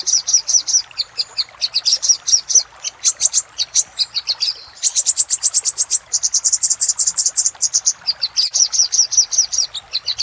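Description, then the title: Little spiderhunter song: fast runs of high, sharp chip notes delivered in rapid bursts with brief pauses, busy and insistent throughout. Master recording used for training cage birds. "Masteran Burung Sogok Ontong Labaik"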